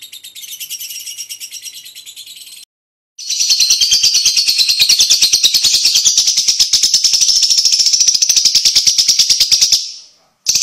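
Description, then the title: Lovebird trill, a short quieter pulsed phrase, a brief gap, then a long, loud run of very rapid high pulses lasting about seven seconds. Training (masteran) audio for lovebirds, meant to teach them the long continuous ngekek trill; lovebird called labet. "Kicau Lovebird Terapi Masteran LABET Agar Labet Cepet NGEKEK PANJANG"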